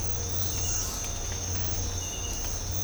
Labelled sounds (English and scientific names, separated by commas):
none